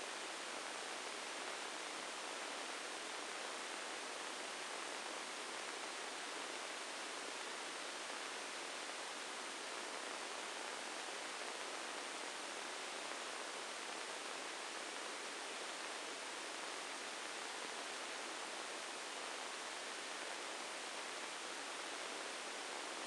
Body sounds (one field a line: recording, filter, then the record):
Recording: brain microelectrode recording played as sound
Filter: spike band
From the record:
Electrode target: subthalamic nucleus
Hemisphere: right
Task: reaching with the left hand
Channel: 1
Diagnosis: Parkinson's disease